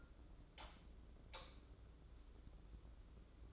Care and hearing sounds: daily activity, microphone in the room; light on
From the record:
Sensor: 3

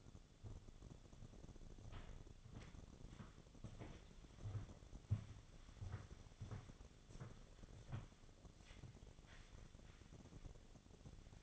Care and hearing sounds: daily activity, microphone in the room; walk to room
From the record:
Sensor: 4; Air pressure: 1000.8 hPa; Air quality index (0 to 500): 122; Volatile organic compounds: 1 ppm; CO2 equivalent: 918 ppm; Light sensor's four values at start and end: 59/147/62/69 and 57/142/60/67

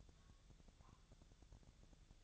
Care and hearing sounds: daily activity, microphone in the room; take from stove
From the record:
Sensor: 3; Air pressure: 999.3 hPa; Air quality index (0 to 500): 196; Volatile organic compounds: 43 ppm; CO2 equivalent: 3202 ppm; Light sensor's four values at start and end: 7/18/7/7 and 7/18/7/7

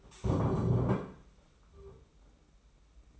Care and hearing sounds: daily activity, microphone in the room; stand up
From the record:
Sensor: 1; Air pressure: 991.7 hPa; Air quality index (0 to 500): 155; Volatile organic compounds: 1000 ppm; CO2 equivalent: 5741 ppm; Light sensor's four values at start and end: 30/102/39/40 and 30/100/39/39

